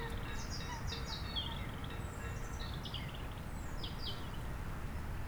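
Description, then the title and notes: European robin song, a sequence of thin, high tinkling notes and short trills, fairly faint against a steady wind rumble. Singing nearby in sunshine on a sloping lawn at Châtillon beach, Chindrieux, France, sheltered from the north wind, with wind murmuring in the trees. "80 Chem. des Rubellines, 73310 Chindrieux, France - rouge gorge. Au soleil sur la pelouse en pente de la plage de Châtillon , à l'abri du vent du Nord , un rouge gorge chante non loin , rumeur du vent dans les arbres"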